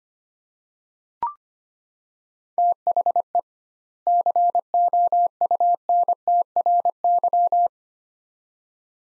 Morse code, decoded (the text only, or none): THE COUNTRY